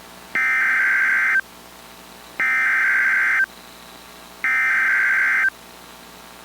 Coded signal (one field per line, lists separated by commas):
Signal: Emergency Alert System (SAME) tones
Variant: header bursts